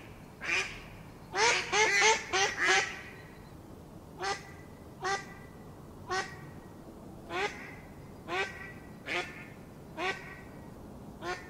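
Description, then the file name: Mallard calling with a single quack, then a quick burst of five loud quacks in a row, then several softer single quacks spaced about a second apart. "mallard duck sound"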